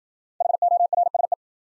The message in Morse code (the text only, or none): HORSE